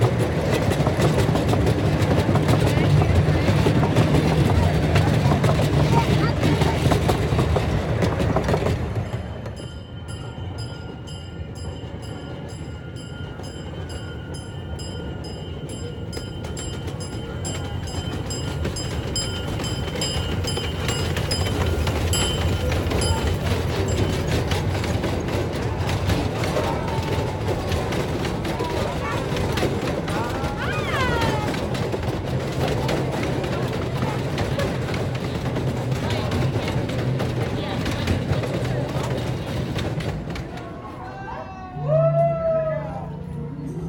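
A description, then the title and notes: A small train runs at the McCormick-Stillman Railroad Park in Scottsdale, Arizona, a heavy steady rumble for the first nine seconds. Then it settles into a softer rolling sound with thin high squeals, voices chatting throughout, and a brief louder burst near the end. An afternoon at the McCormick-Stillman Railroad Park in Scottsdale, Arizona.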